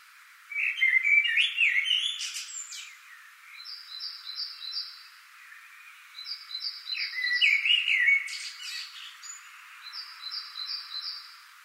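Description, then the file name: Common blackbird song: two loud fluty, gliding phrases with scratchy high ends, separated by pauses filled with another bird's brisk, evenly spaced high notes. "Turdus merula"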